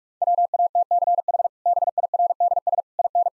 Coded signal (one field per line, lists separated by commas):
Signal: Morse code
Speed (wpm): 41 wpm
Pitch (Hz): 700 Hz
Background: none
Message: WATCH BIRDS IN